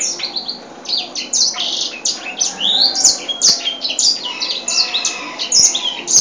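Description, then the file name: White-rumped seedeater gives a dense, rambling run of high chirps, squeaky slurs and twitters without a break. Original song of the bird. "edel-sanger-lagu-asli-4-omkicau"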